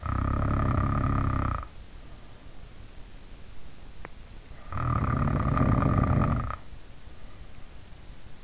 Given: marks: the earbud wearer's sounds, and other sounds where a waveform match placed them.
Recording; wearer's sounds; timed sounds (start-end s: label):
sounds in sleep by an in-ear microphone; snoring breath
0.00-2.62 s: snoring breath
4.57-6.74 s: snoring breath